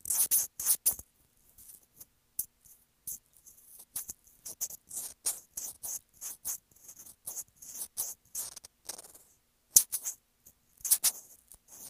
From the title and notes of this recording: ASMR Sensitive Mic Scratching.